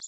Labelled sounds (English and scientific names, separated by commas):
Connecticut Warbler (Oporornis agilis) flight call